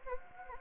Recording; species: mosquito wingbeat signal from an infrared sensor; Anopheles gambiae